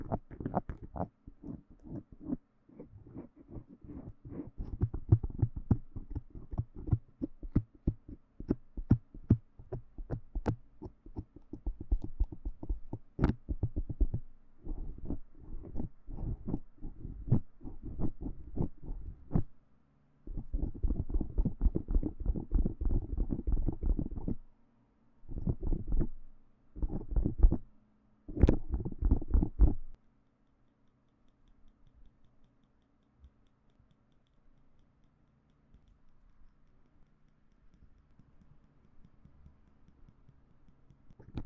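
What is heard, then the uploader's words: A needle is pulled from a microphone, producing bursts of dense, rapid crackling and scraping clicks with low thumps. Activity is busiest in the first 30 seconds, with tight clusters around 20–30 seconds, then gives way to a quiet low hum until the end. 拔針的強烈觸發. Remove the needle from the MIC. NoTalking.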